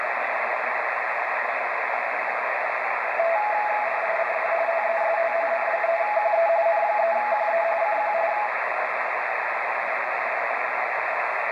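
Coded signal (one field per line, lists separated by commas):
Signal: RTTY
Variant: 170 Hz shift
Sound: warbling two-tone teleprinter chatter in the middle of the clip, under steady receiver hiss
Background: radio static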